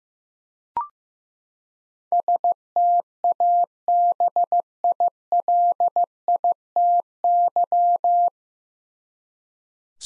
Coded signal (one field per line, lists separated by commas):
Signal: Morse code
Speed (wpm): 15 wpm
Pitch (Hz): 700 Hz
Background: none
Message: STABILITY